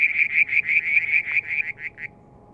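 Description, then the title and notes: Frog giving a string of high, buzzy pulsed notes that slow and separate before stopping, leaving quiet background hum. Striped marsh frog, Verreaux's tree frog and an unidentified frog calling one evening near a water tank at Mount Wilson, New South Wales, Australia, July 2022. "Frog song, Mount Wilson, New South Wales, Australia in July 2022 – by Alexander Moffatt. Limnodynastes Peronii, Litoria Verreauxii and a mystery frog one evening near the water tank"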